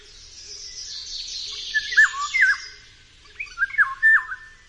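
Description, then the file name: Eurasian golden oriole song: two mellow fluting phrases with wavering, slurred whistles, while other birds chirp steadily at higher pitch. "Wilga"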